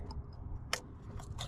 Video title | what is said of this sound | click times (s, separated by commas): 🚗👌RESUELTO el gasto de Aceite en HYUNDAI O KIA!!!🚩🚩 | Aprietan y sienten el click. | 0.7 s